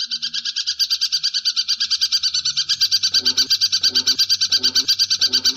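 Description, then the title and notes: Long-tailed shrike singing a fast, steady train of sharp, high notes, while short bursts of lower noise come and go in the background. Training (masteran) recording for cage birds; long-tailed shrike song in the 'tembakan' rapid-fire style, variation 4. "Suara Burung Cendet Tembakan Variasi 4. Masteran Burung Cendet"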